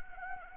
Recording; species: mosquito wingbeat signal from an infrared sensor; Anopheles gambiae